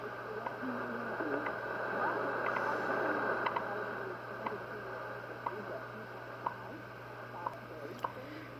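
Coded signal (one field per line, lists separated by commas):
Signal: radio time signal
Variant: WWVH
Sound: heavy AM static with faint short ticks once each second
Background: radio static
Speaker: if you could hear the announcement in the background this is wwvh from uh hawaii on 10 megahertz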